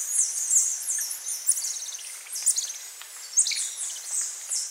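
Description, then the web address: Saddleback tamarin calls: quick high chirps and short descending whistles in uneven bursts. Primate calls in the South American rainforest. "Natures Songs S America Primates of the Rainforest Saddleback tamarin"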